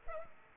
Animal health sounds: mosquito wingbeat signal from an infrared sensor; Culex pipiens

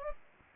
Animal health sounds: mosquito wingbeat signal from an infrared sensor; Anopheles gambiae

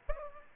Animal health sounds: mosquito wingbeat signal from an infrared sensor; Aedes aegypti

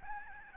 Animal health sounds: mosquito wingbeat signal from an infrared sensor; Aedes albopictus

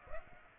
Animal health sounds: mosquito wingbeat signal from an infrared sensor; Aedes aegypti

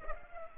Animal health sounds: mosquito wingbeat signal from an infrared sensor; Culex pipiens

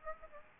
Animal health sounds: mosquito wingbeat signal from an infrared sensor; Aedes aegypti

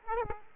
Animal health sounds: mosquito wingbeat signal from an infrared sensor; Aedes aegypti

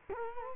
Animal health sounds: mosquito wingbeat signal from an infrared sensor; Culex quinquefasciatus

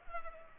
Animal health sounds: mosquito wingbeat signal from an infrared sensor; Culex pipiens

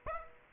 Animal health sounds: mosquito wingbeat signal from an infrared sensor; Aedes aegypti

